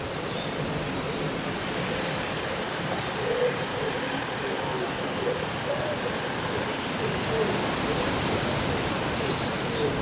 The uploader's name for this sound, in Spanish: Día ventoso de verano, susurro de hojas y canto de pájaros